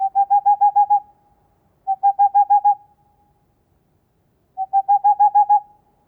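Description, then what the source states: Tengmalm's owl hooting: three quick bursts of about seven soft, even hoots on one pitch, each burst lasting about a second, separated by silent pauses. Hooting of a male.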